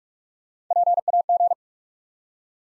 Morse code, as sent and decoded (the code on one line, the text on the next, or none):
.--. .- --.
PAG